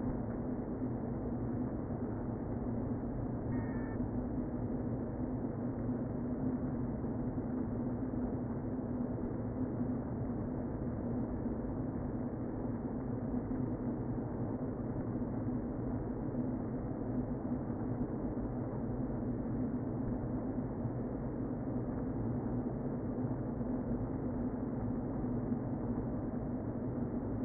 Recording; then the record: honeybee colony, microphone inside the hive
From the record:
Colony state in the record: queen present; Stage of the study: before two queens were removed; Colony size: about 60,000 bees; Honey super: yes